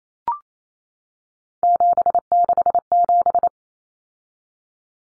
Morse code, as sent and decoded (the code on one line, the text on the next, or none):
--... -.... --...
767